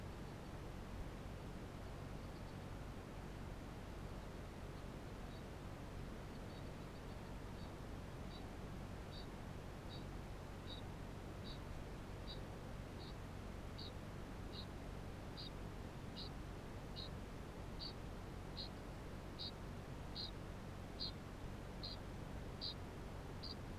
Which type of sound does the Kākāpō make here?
ching call